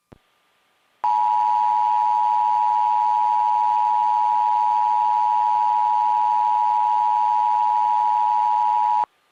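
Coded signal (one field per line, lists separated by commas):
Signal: Emergency Alert System (SAME) tones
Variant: 853 and 960 Hz attention tone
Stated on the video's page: Administrative message EAS alert heard on an FM radio station.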